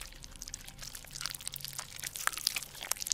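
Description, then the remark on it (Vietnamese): An old woman chewing raw frogs one after another: continuous wet, crunchy chewing with dense crackling and squelching bursts that grow slightly louder toward the end, with no voices present. “Rồi cứ thế liên tục, bà cụ túm lấy từng con ếch, cho vào mồm nhai nhóp nhép.”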